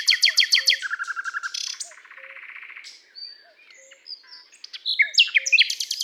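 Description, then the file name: Common nightingale singing: a quick series of sharp repeated notes, a lower rattle, soft buzzy trills, then varied whistles and chirps, with a faint low whistle repeating behind. "Luscinia megarhynchos"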